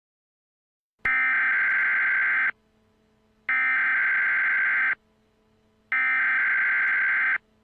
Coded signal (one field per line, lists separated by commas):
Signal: Emergency Alert System (SAME) tones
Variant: header bursts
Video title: EAS Scenario - Sharknado REMASTERED ( The Attack Of The Shark's)